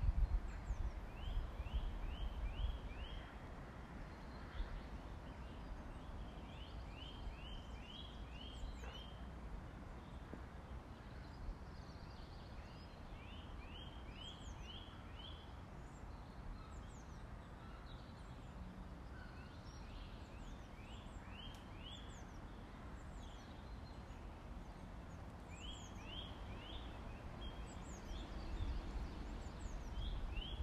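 Birdsong along the woods: a bird repeats a short phrase of quick, bright rising notes every few seconds, with fainter high chirps scattered between. Underneath runs a steady low rumble, like traffic or wind, loudest in the first few seconds.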